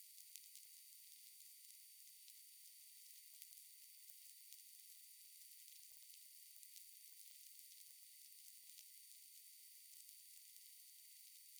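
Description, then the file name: Dolphin clicking: scattered short sharp clicks, a few louder ones early on, over persistent hiss and a thin steady high tone. Clicks, recorded 6 May 2021 at 20:26 UTC. "Dauphin clic 2 20210506 202638 UTC"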